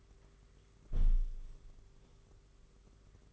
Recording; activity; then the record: daily activity, microphone in the room; close window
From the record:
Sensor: 4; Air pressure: 991.2 hPa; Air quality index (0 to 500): 154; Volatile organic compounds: 106 ppm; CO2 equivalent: 3794 ppm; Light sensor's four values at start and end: 6/14/5/6 and 6/14/5/6